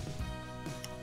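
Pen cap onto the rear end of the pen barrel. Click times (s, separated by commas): 0.8 s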